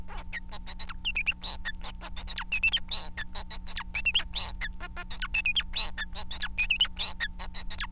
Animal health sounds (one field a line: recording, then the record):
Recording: song of a male Bengalese finch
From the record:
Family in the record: son of father 4